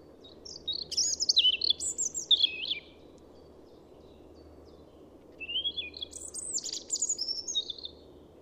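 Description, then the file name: European robin singing two varied phrases of rapid high twitters and squeaky sliding notes, separated by a quiet gap of a few seconds, with low hum throughout. "Erithacus rubecula"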